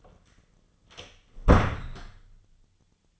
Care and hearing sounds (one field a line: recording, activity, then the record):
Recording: daily activity, microphone in the room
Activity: close door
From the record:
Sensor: 4